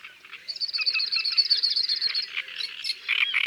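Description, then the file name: Cirl bunting song: a dry, even rattling trill held on one high pitch for nearly two seconds, overlapped by loud harsh chattering calls from other animals. Heard in the background of a natural soundscape recorded in Isère, France. "Bruant-zizi-au-second-plan-Concerts-naturels-de-l Isere-Studio-Les-Trois-Becs"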